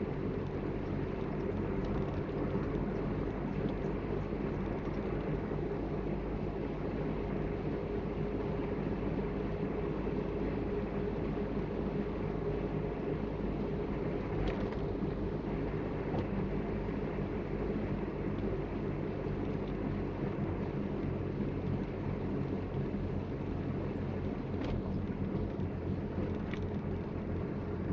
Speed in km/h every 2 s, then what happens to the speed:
44, 45, 45, 46, 46, 46, 45, 45, 43, 42, 41, 39, 38, 35.
0-11 steady at about 45. 11-28 slows to 35.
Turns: none.